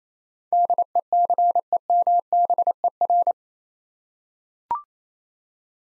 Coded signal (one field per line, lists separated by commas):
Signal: Morse code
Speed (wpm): 28 wpm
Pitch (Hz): 700 Hz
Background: none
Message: DECEMBER